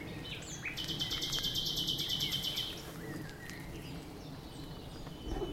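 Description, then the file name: Common nightingale song phrase: a fast, dry, buzzy trill of evenly repeated notes, then quieter faint chirps over a steady low background hum. "Luscinia megarhynchos"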